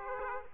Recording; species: mosquito wingbeat signal from an infrared sensor; Aedes aegypti